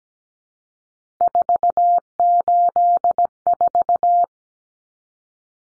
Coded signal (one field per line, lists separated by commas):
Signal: Morse code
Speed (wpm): 17 wpm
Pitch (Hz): 700 Hz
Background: none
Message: 484